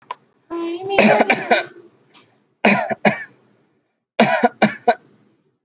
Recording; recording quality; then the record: heavy voluntary cough; moderate, slight background noise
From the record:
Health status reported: healthy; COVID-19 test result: not tested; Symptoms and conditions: none ticked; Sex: male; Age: 31 years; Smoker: not ticked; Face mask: not worn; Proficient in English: yes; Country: India